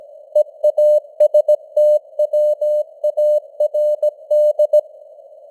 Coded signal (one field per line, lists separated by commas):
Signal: Morse code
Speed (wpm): 17 wpm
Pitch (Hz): 600 Hz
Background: none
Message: EASTWARD